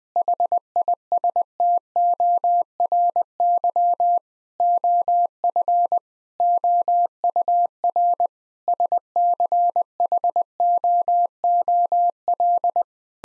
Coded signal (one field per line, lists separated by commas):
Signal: Morse code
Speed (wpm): 20 wpm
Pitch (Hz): 700 Hz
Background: none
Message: HISTORY OF OUR SCHOOL